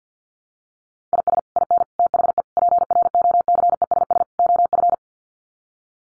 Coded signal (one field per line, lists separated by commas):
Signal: Morse code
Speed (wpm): 50 wpm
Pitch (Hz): 700 Hz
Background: none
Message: IS IN THE PROCESS OF